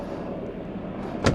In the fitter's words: clicks into place boots gone down the second rear window Piece Will click into place